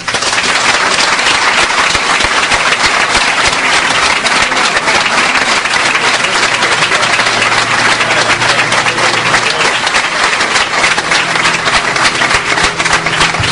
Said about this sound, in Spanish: Y yo quiero que esta placa, junto a este gran abrazo y a este gran aplauso que vamos a dar ahora, pues sea todo lo que él se lleve.